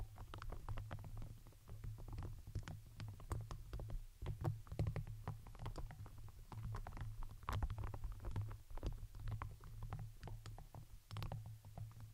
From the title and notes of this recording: Sleepy Satisfying Sounds ASMR • NO Talking • Crinkles, Plastic, Brush, Silicone, Glass, Paper.